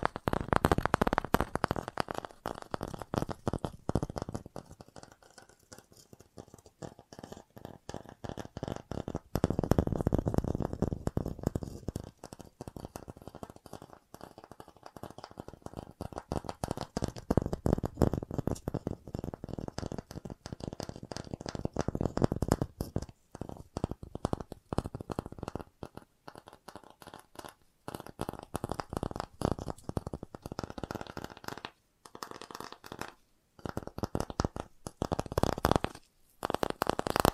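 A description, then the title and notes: Fast tapping runs for the whole stretch, a dense, rapid patter of soft knocks that blur into a continuous flutter with a low, thumpy body. The intensity swells and eases repeatedly, and toward the end the tapping turns choppier, broken by brief pauses. FAST TAPPING (No Talking).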